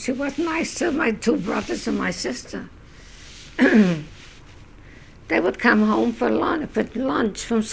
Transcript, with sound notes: But she wasn't nice to my two brothers and my sister. ( she clears her throat ) They would come home for lun—for lunch from school.